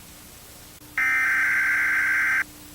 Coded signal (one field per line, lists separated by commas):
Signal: Emergency Alert System (SAME) tones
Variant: header bursts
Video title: Future Forecast: Emergency Alert